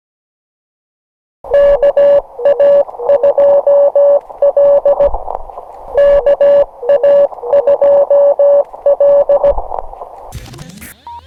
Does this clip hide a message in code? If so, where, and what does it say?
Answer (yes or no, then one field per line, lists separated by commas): yes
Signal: Morse code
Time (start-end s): 1.5-9.5 s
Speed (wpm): 17 wpm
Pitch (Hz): 570 Hz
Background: none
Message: KA2L KA2L